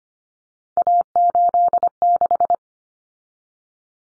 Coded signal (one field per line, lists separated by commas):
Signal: Morse code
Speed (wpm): 25 wpm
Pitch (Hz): 700 Hz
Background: none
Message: A86